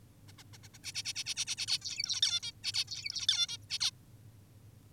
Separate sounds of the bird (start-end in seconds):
0.28-0.32, 0.38-0.43, 0.53-0.58, 0.64-0.68, 0.74-0.78, 0.84-0.92, 0.95-1.03, 1.05-1.13, 1.16-1.24, 1.26-1.34, 1.36-1.45, 1.47-1.56, 1.58-1.66, 1.68-1.78, 1.82-2.21, 2.22-2.40, 2.43-2.52, 2.64-2.72, 2.74-2.84, 2.88-3.27, 3.28-3.47, 3.49-3.57, 3.70-3.79, 3.80-3.91